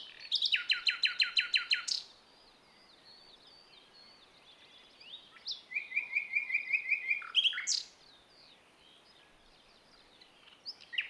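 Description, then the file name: Common nightingale song opening with a loud rapid stuttering trill, then after a pause a quick row of evenly repeated chirps ending in a sharp flourish. "Luscinia megarhynchos"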